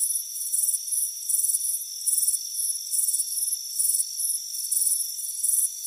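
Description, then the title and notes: Cricket chirping, bright pulsed bursts repeating somewhat unevenly almost twice a second, with a steady high hum behind. Crickets chirping on a warm afternoon, front porch. "Soothing Crickets Chirping Sound. It's a warm afternoon as you relax in a hammock on the front porch. Relax and fall asleep to the soothing sound of chirping crickets. Deep Sleep Sounds"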